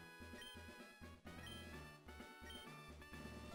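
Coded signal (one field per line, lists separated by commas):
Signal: none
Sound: game music jingle notes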